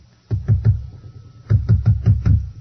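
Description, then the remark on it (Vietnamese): Someone raps on a door: three quick, solid knocks, a short pause, then a longer run of five knocks in steady rhythm. The thuds are low and hollow, with no voices. “Vừa đến lúc đó thì có tiếng gõ cửa.”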